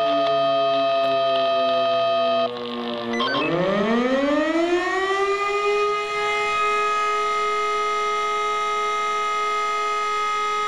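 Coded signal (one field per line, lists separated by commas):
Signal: siren signal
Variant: E57 motor siren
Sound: loud motor siren tone that dips, winds back up, then holds a steady wail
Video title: [E57 SIRENENPROBE] FUNKMELDEEMPFÄNGER QUATTRO 98 PROBEALARM FEUERWEHR ANDERNACH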